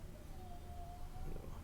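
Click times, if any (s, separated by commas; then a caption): none. A memory card is pushed a little further into a card reader slot so it sits flush, with seating judged by the card being flush rather than by a snap. Only a faint steady tone near 700 Hz over low background rumble is heard, with no distinct click or impact. The clip ends before the card goes home, so nothing has seated or clicked yet.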